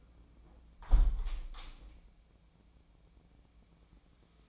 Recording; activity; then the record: daily activity, microphone in the room; close window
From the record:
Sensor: 1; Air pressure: 1012.4 hPa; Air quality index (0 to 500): 169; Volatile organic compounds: 3 ppm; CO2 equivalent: 1380 ppm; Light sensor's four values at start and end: 247/567/251/277 and 252/580/256/283